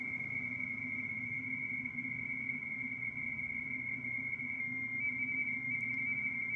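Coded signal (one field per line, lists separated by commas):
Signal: RTTY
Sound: continuous rapid warbling between two close high tones, a teletype burble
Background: low hum, radio noise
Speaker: all noise here, but watch. CQ, K3, yeah, it's the roundup, K3RWN. So he's calling CQ for the roundup.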